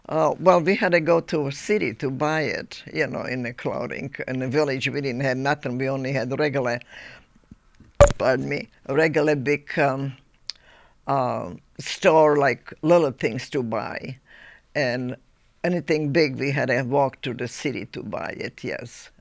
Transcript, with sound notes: Well, we had to go to city to buy it, you know, in the clothing. In the village, we didn't have nothing. We only had (microphone disturbance) pardon me, regular big store with like little things to buy and anything big we had to walk to the city to buy it, yes.